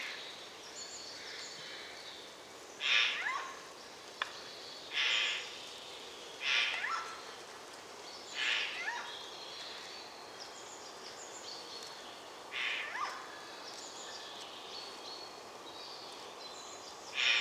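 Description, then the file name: Eurasian jay uttering a series of hoarse, grating screeches at irregular intervals, with faint background birdsong. "Garrulus glandarius"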